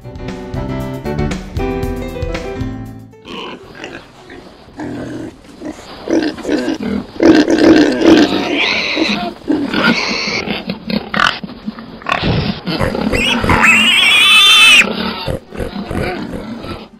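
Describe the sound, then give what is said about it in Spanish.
A pig grunts and oinks repeatedly in rough, irregular bursts, some low and guttural, others rising into squeals, after a short stretch of music at the start. “El cerdo es un animal que suele gustar de los lodazales, de aguas pestilentes y de comer todo lo que esté a su alcance, aun si esto fuera basura.”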